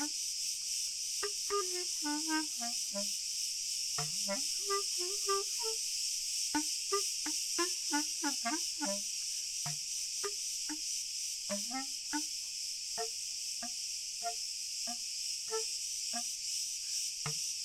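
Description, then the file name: Crickets sustaining a bright, steady high drone over a busy scatter of soft bubbling plops and short sliding blips, some in quick clusters. "Schlag Ton Grillen"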